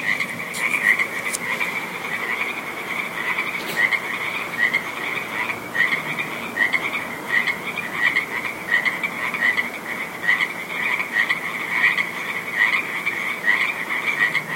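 Frogs calling in a dense chorus, many high trilled croaks overlapping in a steady band, pulsing continuously throughout, with a few clicks early on.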